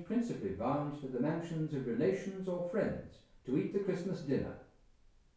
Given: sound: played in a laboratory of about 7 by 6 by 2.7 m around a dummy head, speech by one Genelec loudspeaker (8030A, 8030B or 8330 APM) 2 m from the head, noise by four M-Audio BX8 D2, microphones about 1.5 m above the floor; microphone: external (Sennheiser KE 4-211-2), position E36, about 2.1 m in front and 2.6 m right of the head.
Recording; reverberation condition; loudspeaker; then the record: male speech in English; medium; 60 degrees to the right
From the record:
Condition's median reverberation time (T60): about 510 ms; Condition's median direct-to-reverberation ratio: about -0.5 dB